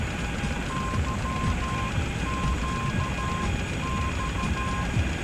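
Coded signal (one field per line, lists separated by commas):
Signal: none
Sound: truck reversing beeps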